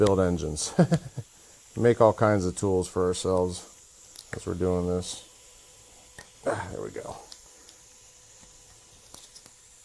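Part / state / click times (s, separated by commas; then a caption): metal retaining clip into piston pin bore groove / not seated / none. A small metal retaining clip with tangs, a piston pin lock, is worked into the groove of a piston pin bore with a homemade tool during small block engine assembly. Someone talks over faint handling, with light metallic ticks near 6.2, 9.1 and 9.5 seconds. Nothing has seated or clicked yet; the clip has not snapped into its groove.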